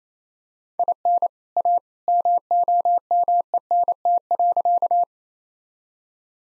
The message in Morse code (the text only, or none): IN A MOMENT.